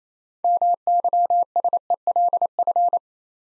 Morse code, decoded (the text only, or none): MYSELF